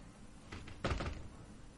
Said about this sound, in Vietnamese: Lúc này, cửa phòng đột nhiên lại bị đẩy ra.